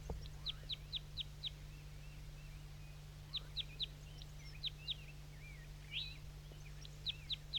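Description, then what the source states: Crossbill song: bursts of short, sharp downslurred chips in quick series with a few twisting warbled notes between them, over a steady low hum. Wild male singing from the top of a dead pine.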